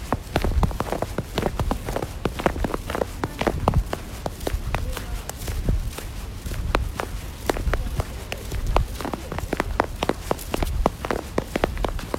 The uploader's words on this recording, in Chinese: 北京下雪，去便利店买饺子。北京下了新年第一场雪，还挺大。晚上饿了，去便利店买饺子。